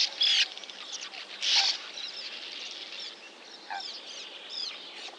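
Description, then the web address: Sand martin twitters: a few loud, harsh, rasping chirps stand out from softer scratchy chatter, with brief quieter gaps between bursts. Recorded in Lower Saxony, Germany. "niedersachsen uferschwalbe"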